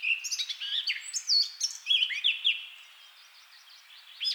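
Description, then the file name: Eurasian blackcap song: a short, dense phrase of chattering and warbled notes with a few clearer whistles, fading briefly before a final note. "Sylvia atricapilla"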